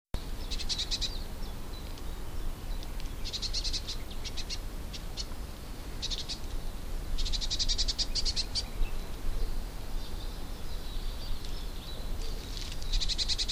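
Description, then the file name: Eurasian blue tit giving short bursts of dry, rapid ticking churrs, in scattered clusters lasting up to about a second and a half, over a steady low rumbling background. "Cyanistes caeruleus"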